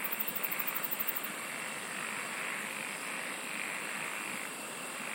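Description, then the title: Insect song: a quick, very high trill of rapid clicks for just over a second, over a constant buzzing chorus with gentle pulsing. "SINGING OF INSECTS"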